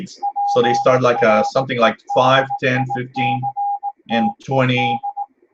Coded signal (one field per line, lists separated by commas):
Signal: Morse code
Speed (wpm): 18 wpm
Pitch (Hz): 810 Hz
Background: speech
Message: W REDICTED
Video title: Friday night shortwave radio hangout tuning the bands may 22nd 2015